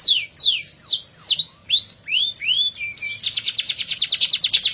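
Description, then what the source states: Atlantic canary song: a series of sweeping whistles, then a rapid, even buzzy trill for the last second and a half. F1 canary; therapy recording meant for a canary that has stopped singing.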